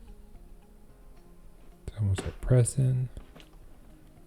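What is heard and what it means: Someone handles a plastic display panel cover at the dispenser housing on an LG refrigerator door, getting ready to press it on, while someone talks briefly over faint background handling noise. Nothing has seated or clicked yet; the cover's clips have not snapped into place.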